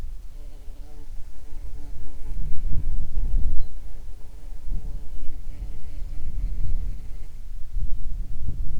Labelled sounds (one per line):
bird
wind
insects